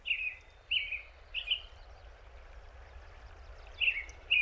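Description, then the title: American robin singing short whistled phrases, three in quick succession, a pause, then two more, over a soft hiss of background noise. Field recording by Jacob Job in Big Thompson Canyon, Rocky Mountain National Park, Colorado, near the birthplace of the Colorado River. "Robin's Home Song (Big Thompson Canyon, Colorado)"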